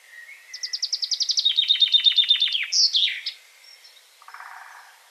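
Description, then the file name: Common chaffinch song: brisk series of repeated notes stepping down in pitch into a flourish, then a short lower buzzy sound. "Fringilla coelebs"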